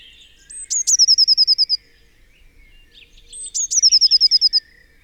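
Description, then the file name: Eurasian blue tit trilling twice: each phrase opens with thin high notes, then rattles off a run of quick, evenly spaced notes. "Cyanistes caeruleus"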